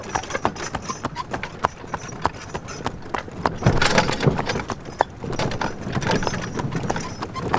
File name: Horse Wagon Fast Ride Lots Of Wooden Metal Rattle